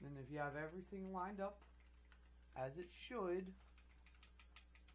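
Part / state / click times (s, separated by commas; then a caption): plastic robot toy panel closing onto the toy body / not seated / none. Someone talks while pushing a plastic panel of a transforming-robot combiner toy, trying to close it onto the toy body once everything is lined up. Faint plastic taps and handling sounds follow, but the panel fails to close, and nothing has seated or clicked yet.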